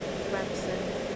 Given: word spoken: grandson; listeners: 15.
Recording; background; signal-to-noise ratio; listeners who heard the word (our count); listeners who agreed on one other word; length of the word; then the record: one English word in noise, from a listening test; speech-shaped noise; -4.7 dB; 0 of 15; 10 of 15; 0.76 s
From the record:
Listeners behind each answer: 10, 1, 1, 1, 1, 1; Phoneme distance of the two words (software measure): 27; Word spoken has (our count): 2 syllables, 7 phonemes, stress on syllable 1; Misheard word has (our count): 2 syllables, 6 phonemes, stress on syllable 1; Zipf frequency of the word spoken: 3.88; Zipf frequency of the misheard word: 3.48